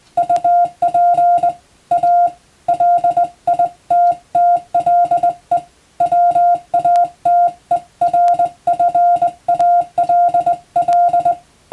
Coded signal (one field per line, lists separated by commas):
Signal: Morse code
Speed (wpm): 21 wpm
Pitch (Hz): 700 Hz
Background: music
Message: UP A LITTLE WATERFALL